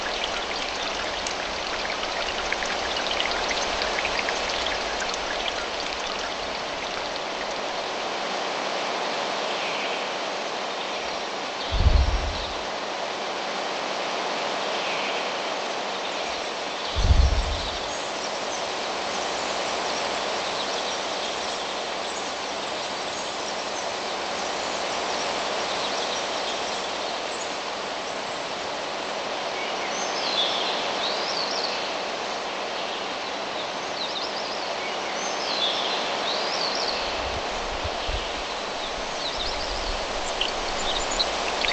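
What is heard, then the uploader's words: A waterfall in the woods pours steadily, a dense, even rush of falling water filling the mid and upper range with little change over the whole stretch. Two brief low thumps stand out near twelve and seventeen seconds, and faint bird chirps come through later on. Waterfall in the woods.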